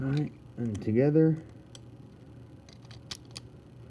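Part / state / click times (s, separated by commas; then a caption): spinning-top layer into the forge disc and driver / seated / 3.1 s, 3.4 s. Someone talks, then joins the assembled layer of a Beyblade Burst Rise spinning top (Cosmic Kraken and Gargoyle G5 set) onto its forge disc and driver and twists until it locks. Faint small ticks lead up to sharp locking clicks at 3.1 s and 3.4 s. The top seats firmly, with clicks judged really good.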